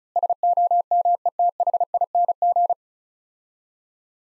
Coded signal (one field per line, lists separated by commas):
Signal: Morse code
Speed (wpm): 34 wpm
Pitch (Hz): 700 Hz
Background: none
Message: SOMETHING